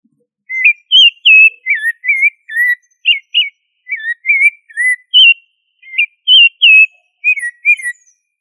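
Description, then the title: Thrush singing a quick string of fluid whistled notes, some looping up and down. "Familia Turdidae - Sabia"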